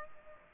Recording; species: mosquito wingbeat signal from an infrared sensor; Aedes aegypti